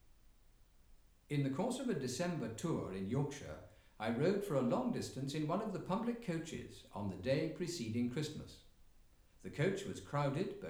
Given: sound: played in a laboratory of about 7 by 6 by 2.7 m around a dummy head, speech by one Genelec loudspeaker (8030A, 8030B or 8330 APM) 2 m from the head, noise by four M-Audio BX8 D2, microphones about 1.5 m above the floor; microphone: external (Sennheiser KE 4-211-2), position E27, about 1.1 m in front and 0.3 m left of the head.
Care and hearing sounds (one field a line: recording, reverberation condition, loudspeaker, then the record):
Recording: male speech in English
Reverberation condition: medium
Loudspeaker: 30 degrees to the right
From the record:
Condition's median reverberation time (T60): about 510 ms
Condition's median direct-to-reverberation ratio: about -0.5 dB